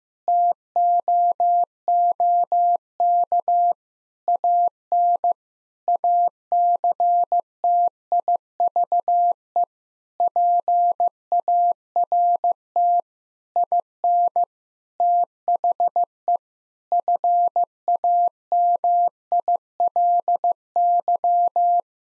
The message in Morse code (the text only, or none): TOOK AN ACTIVE PART IN THE FAMILY